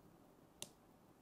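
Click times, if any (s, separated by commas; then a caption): 0.6 s. An insulin cartridge is fitted into a plastic insulin pen body and twisted until it clicks home. Against a quiet background, a single short, sharp click sounds at 0.6 s. The cartridge is seated in place in the pen.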